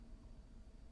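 A pick works pin 4 of a pin-tumbler lock in a padlock cylinder under light tension, raising it toward the shear line. Only a faint, steady low rumble and hiss are heard, with no sharp clicks. Nothing has set or clicked yet.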